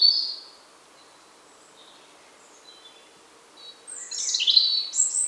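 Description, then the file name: European robin song: a brief high note, faint thin whistles, then a rich tumbling burst of high trilled notes in the last second and a half. "Erithacus rubecula"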